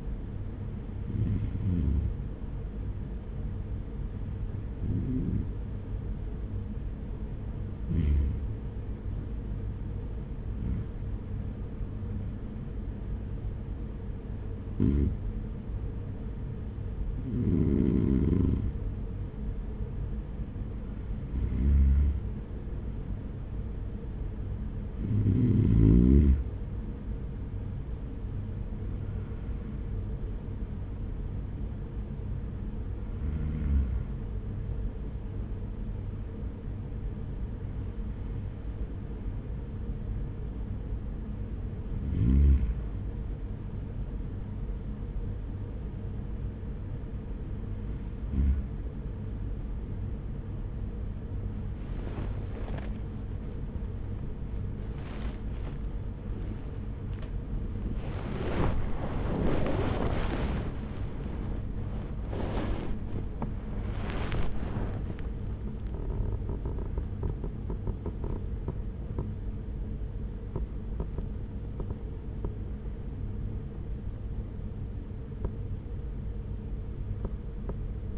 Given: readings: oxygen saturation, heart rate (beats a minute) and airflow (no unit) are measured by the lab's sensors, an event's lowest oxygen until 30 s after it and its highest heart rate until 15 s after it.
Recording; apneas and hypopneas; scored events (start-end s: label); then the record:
breathing in sleep by a smartphone at the bedside; 1
52.00-78.18 s: new sleep stage, awake
53.00-78.18 s: awake
55.00-71.20 s: hypopnea (scored as awake, oxygen 98% highest, then 94% lowest, heart rate 56 at the start, 80 highest)
From the record:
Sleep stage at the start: REM sleep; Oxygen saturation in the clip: 94 to 98%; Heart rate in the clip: 50 to 80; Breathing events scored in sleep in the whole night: 210 in 6.9 hours asleep